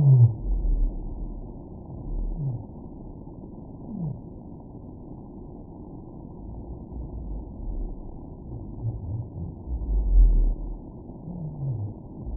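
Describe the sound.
Whale song: several short, low downward-sweeping moans, spaced a few seconds apart, with deep rumbling throughout.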